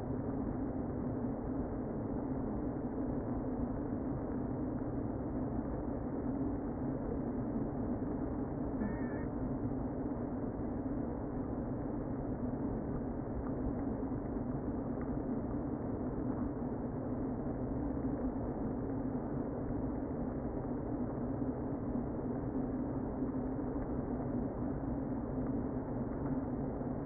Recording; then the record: honeybee colony, microphone inside the hive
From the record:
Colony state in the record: queen present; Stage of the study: before two queens were removed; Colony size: about 60,000 bees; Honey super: yes